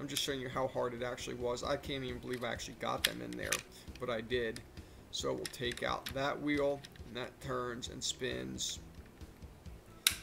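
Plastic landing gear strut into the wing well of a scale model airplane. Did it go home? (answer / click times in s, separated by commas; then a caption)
yes / 10.1 s. Someone talks while turning the retractable plastic landing gear wheel strut on a Revell 1/48 scale F4U Corsair model airplane so it swings down into its lowered position in the wing well, which needs the proper orientation. A soft rustle comes just before a sharp click at 10.1 s as the strut seats into place.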